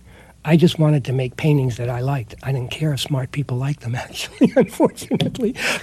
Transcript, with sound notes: I just wanted to make paintings that I liked. I didn't care if smart people liked them, actually, (laughter) unfortunately.